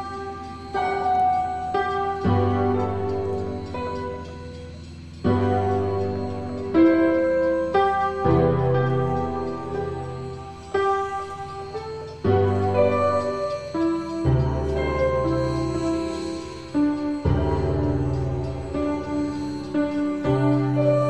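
An old song plays on a computer-generated piano, with sustained chords that change every two to three seconds over deep, ringing bass notes. Each new chord strikes clearly and then slowly fades. The playing is steady and unhurried, with no other sounds behind it.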